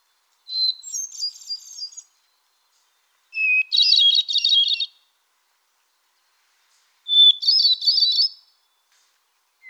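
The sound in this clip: Solitaire song in three spaced phrases. Each pure whistled note leads into a bright, jumbled, quavering flourish, and the pitch shifts from phrase to phrase.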